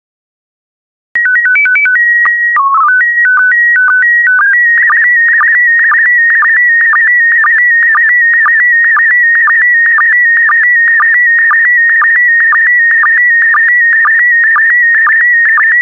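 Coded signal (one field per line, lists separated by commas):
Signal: SSTV (slow-scan television)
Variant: PD120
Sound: short silence, rising header beeps, then a steady warbling tone with twice-per-second ticks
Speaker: complete. You can now check your decoded image against the picture that is shown on the video.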